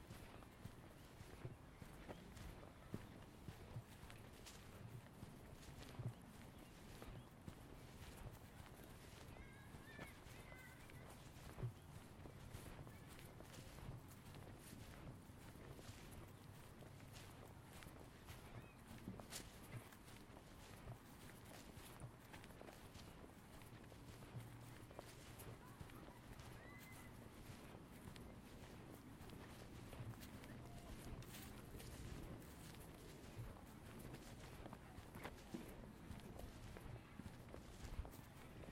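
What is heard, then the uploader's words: A stroll through a Seattle neighborhood: a steady, dense patter of footsteps and small clicks runs throughout over a low, constant rumble. A few brief high chirps stand out near ten and twenty-seven seconds, with faint voices in the background. Stroll in the neighborhood of the Tintinabulary, Seattle.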